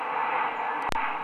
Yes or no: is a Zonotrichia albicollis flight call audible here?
no